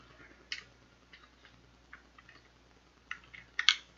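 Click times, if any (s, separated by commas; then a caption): 3.6 s, 3.7 s. A motor is pushed into the frame of a plastic educational robot kit. Soft scraping and light ticks come first, then two sharp clicks at 3.6 and 3.7 seconds as it snaps in. The motor is confirmed seated.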